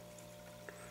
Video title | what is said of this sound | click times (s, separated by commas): Building the HPI Baja SS Tutorial Video #43 | to press the rear one in and it's going in okay it snapped right in | 0.7 s